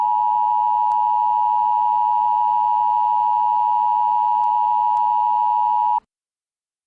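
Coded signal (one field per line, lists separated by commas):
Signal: Emergency Alert System (SAME) tones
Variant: 853 and 960 Hz attention tone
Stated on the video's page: Fictional EAS scenario recreation.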